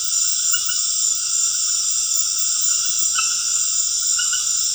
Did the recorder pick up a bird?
no